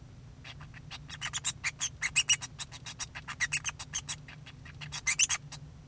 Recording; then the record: song of a male Bengalese finch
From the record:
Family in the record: son of father 2